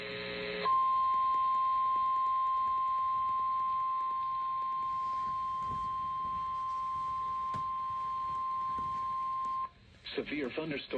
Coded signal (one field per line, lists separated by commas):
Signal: Emergency Alert System (SAME) tones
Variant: 1050 Hz attention tone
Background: speech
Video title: (EAS #2,428 - #2,444) WHEN WNG549 BREAKS - EAS Alerts from 7/10/25